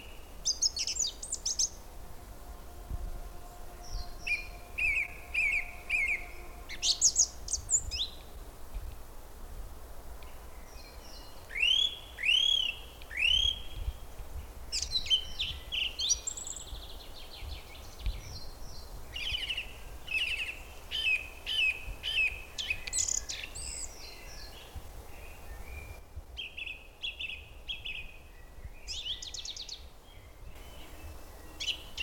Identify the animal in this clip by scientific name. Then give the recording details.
Turdus philomelos. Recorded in the wild. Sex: male. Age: adult. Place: Köllnische Heide, Berlin, DE. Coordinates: 52.46, 13.51. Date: 1989-04-27 17:45. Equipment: Uher 4400 Report Monitor, Sennheiser ME 80, K 30 AV. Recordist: Fischer, Stefan